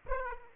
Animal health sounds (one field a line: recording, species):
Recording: mosquito wingbeat signal from an infrared sensor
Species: Aedes aegypti